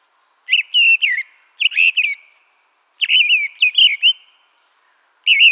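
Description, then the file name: Mistle thrush singing short, fluty, warbling phrases separated by brief pauses. "turdus viscivorus"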